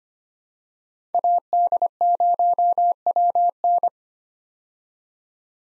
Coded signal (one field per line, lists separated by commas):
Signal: Morse code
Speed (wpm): 25 wpm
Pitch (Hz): 700 Hz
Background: none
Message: AD0WN